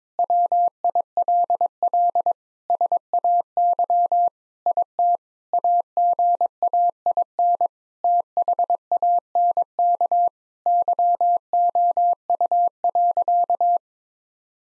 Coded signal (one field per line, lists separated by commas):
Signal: Morse code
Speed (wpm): 22 wpm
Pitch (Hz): 700 Hz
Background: none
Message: WILL SAY IT AGAIN THANK YOU.